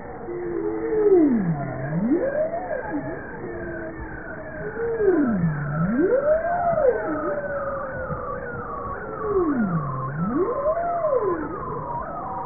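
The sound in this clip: Bowhead whale calls: three loud, deep, tonal U-shaped sweeps that fall, then rise again, about every four seconds, over a chorus of fainter, higher, wavering repeated calls.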